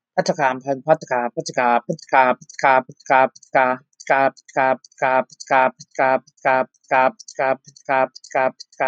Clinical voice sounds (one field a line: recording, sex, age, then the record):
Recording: repeated syllables /pa ta ka/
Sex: female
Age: 30 to 39 years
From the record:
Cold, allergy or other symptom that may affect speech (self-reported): no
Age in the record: 33 years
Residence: New Jersey, United States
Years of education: 13